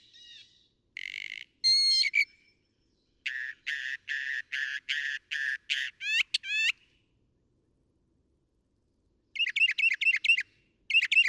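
Northern mockingbird song: a burred note and ringing harmonic call, a steady series of raspy notes ending in sweeping whistles, then fast repeated sharp zigzag phrases.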